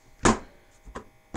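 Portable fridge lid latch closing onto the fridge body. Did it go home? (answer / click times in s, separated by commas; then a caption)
yes / 0.2 s. The lid of a BougeRV 53-quart portable 12-volt fridge/freezer is pressed down by hand onto the fridge body after a dropped close failed to latch, and the latch clicks shut at 0.3 s with a sharp, bright snap. Two fainter ticks follow at about 1.0 s and 1.4 s. The lid ends up latched, needing only a little push.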